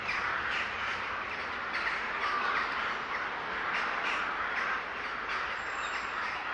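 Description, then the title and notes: Birds in a loud chorus of harsh squawks and chatter, steady throughout, a thin whistled note briefly audible near the end. A gathering of birds recorded in S. Staszic Park in Łódź. "Ptaki W Parku Im. S. Staszica W Łodzi. Nagranie wykonane z parku im. S. Staszica w Łodzi. Zgromadzenie ptaków"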